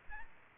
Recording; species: mosquito wingbeat signal from an infrared sensor; Aedes aegypti